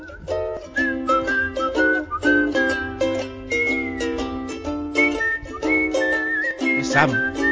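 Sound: person whistling a tune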